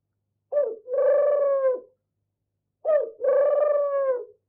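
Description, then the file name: Turtle dove purring coo: a short note, then a long, low, steady rolling purr, given twice with a short silence between. "Animal Turtle-Dove"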